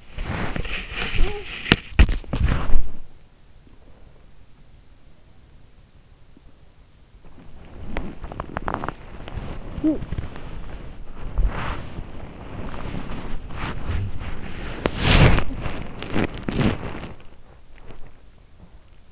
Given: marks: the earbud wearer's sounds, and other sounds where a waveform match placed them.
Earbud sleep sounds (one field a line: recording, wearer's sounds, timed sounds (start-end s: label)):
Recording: sounds in sleep by an in-ear microphone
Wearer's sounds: body movement, talking in sleep, breath, teeth grinding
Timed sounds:
0.00-4.05 s: body movement
0.99-1.55 s: talking in sleep
3.51-4.79 s: breath
7.04-19.12 s: body movement
7.83-9.03 s: teeth grinding
9.49-10.45 s: talking in sleep